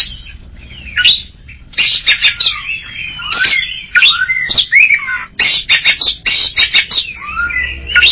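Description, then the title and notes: Greater green leafbird song: fast tumbling medley of slurred whistles, chips and scratchy notes, delivered in bursts with brief gaps. Champion singer, chirping song. "Kicau Burung Cucak Ijo Juara. Suara kicauan burung cucak ijo"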